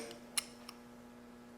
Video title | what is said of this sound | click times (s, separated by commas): Hogue Elishewitz EX01 (Part 2) | just snaps in place | 0.4 s